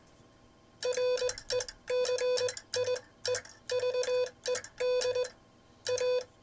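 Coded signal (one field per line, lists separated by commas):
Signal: Morse code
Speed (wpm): 21 wpm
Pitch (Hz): 500 Hz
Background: none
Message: RECIEVED A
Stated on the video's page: Morse sent on a Vibroplex bug in classic bug style with some timing off, from the sender's Novice days, offered as bug copy practice.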